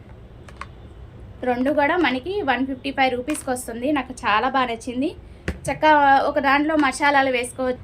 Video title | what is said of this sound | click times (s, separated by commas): Meesho trending food container 4in1 product super quality #review #subscribe #video #trending #share | strong గా ఉంది main ఏంటంటే మనకి strong ఉందన్నమాట lock అవుతుంది ఇట్లాగా స్ట్రాంగ్ ఉంది | 0.5 s, 0.6 s